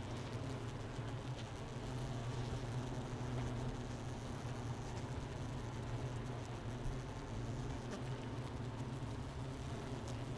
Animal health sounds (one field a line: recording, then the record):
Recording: honeybee colony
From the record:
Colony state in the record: missing queen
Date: 31 May 2018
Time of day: 9:47